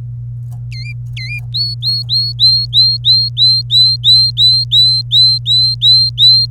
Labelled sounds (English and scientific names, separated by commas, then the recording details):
Domestic Canary (Serinus canaria) song
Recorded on 27 April 2018 at 06:59
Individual llb3